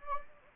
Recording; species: mosquito wingbeat signal from an infrared sensor; Anopheles gambiae